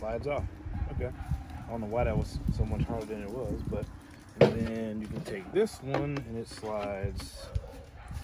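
Someone talks while handling a plastic nozzle attachment for an EGO Power+ 650CFM, 180MPH, 56V 5.0Ah lithium-ion cordless leaf blower, sliding it onto the end of the blower's tube. The clip ends before the attachment goes home, so nothing has seated or clicked yet.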